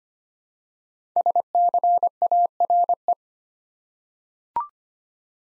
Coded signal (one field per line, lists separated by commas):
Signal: Morse code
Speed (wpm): 25 wpm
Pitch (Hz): 700 Hz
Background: none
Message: SCARE